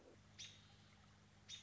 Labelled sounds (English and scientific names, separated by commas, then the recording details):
American Robin (Turdus migratorius)
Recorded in Sonoma County, California